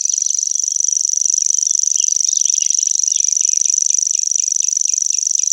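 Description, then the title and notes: Common grasshopper warbler reeling song, an unbroken high mechanical trill running throughout. Recorded in Germany, Austria, Switzerland. "Feldschwirl - Grasshopper Warbler"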